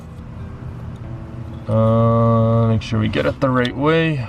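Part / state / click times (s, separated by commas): throttle controller harness connector into accelerator pedal wiring plug / not seated / none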